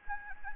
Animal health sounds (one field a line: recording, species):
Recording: mosquito wingbeat signal from an infrared sensor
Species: Anopheles gambiae